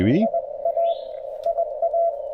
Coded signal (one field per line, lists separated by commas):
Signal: Morse code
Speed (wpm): 22 wpm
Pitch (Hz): 690 Hz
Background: speech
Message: IA IA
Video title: Penntek TR-45L Skinny: QRP (and QRM) at Gorges State Park!